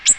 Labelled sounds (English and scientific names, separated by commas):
Blue-winged Warbler (Vermivora cyanoptera) flight call